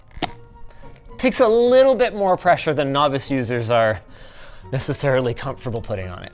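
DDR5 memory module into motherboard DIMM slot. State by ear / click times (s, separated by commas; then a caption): seated / 0.2 s. A DDR5 memory module is pressed down with both thumbs into a motherboard DIMM slot, and a sharp, loud click at 0.2 s signals the retention latch seating. Someone then talks, with music playing in the background.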